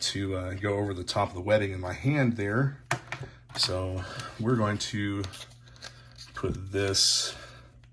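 Someone talks while handling a polymer beavertail interchangeable back strap, about to fit it back onto the rear of the grip frame of a compact Glock 26 Gen 5 pistol, chosen for a more pronounced beavertail that goes over the webbing of the hand. A few faint handling ticks occur in a pause near the end. Nothing has seated or clicked yet.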